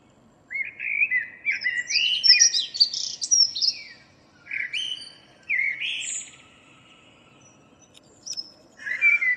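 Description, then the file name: Common blackbird singing mellow whistled notes that slide into scratchy high twitters, several phrases in quick succession with short gaps. "Turdus merula"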